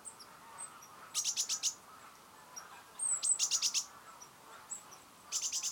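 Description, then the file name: Great tit calls: three bursts of four or five rapid, harsh rasping notes, each burst roughly two seconds apart, with a few thin high ticks between. "Parus major"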